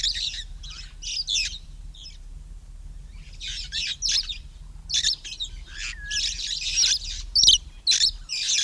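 Red-fronted parrot giving rasping, scratchy squawks in irregular clusters, pausing briefly before a denser run of shrill notes.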